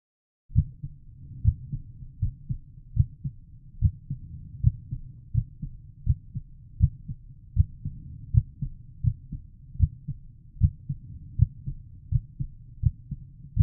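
Steady, deep, low-pitched thumps repeat at about 80 beats a minute, each beat a lub-dub pair, with a soft rumbling hum underneath. The pattern is a heartbeat.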